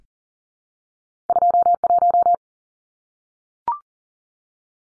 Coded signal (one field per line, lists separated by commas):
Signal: Morse code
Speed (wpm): 40 wpm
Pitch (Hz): 700 Hz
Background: none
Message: 21